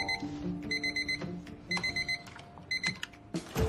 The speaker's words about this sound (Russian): протягивает руку и выключает будильник.